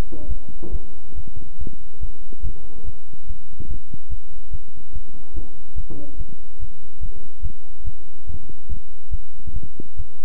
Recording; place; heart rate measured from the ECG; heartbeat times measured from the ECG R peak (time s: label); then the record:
heart sounds by stethoscope; between the tricuspid and mitral areas; 143 bpm
0.28 s: heartbeat
0.72 s: heartbeat
1.15 s: heartbeat
1.59 s: heartbeat
2.01 s: heartbeat
2.43 s: heartbeat
2.85 s: heartbeat
3.27 s: heartbeat
3.68 s: heartbeat
4.10 s: heartbeat
4.51 s: heartbeat
4.93 s: heartbeat
5.34 s: heartbeat
5.76 s: heartbeat
6.18 s: heartbeat
6.60 s: heartbeat
7.01 s: heartbeat
7.43 s: heartbeat
7.85 s: heartbeat
8.27 s: heartbeat
8.69 s: heartbeat
9.11 s: heartbeat
9.54 s: heartbeat
9.97 s: heartbeat
From the record:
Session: bicycle stress test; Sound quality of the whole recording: good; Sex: male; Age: 23 years